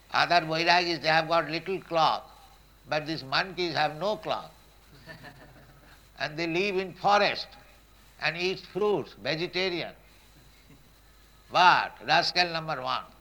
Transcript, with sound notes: Other vairāgīs, they have got little cloth, but these monkeys have no cloth. [laughter] And they live in forest and eat fruits, vegetarian, but rascal number one.